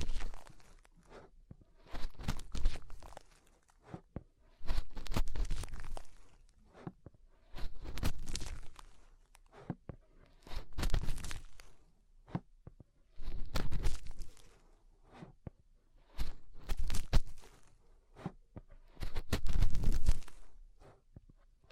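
Fingers rub and scratch at the ear in repeated bursts of crackly, crunching scraping, each lasting a second or two with short quiet gaps between. Roughly eight or nine rounds come at a fairly regular pace, with a low rumbling thump under the rustling.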